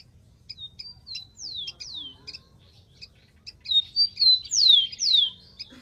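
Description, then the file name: Rufous-collared sparrow singing twice, each phrase of short steady whistles ending in paired falling slurs, with high chips continuing throughout. "canto do tico tico"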